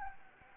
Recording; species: mosquito wingbeat signal from an infrared sensor; Anopheles gambiae